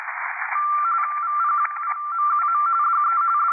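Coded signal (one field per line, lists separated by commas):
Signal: RTTY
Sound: rapid warbling between two close tones over steady radio hiss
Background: radio static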